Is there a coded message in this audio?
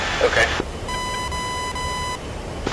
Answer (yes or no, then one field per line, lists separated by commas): no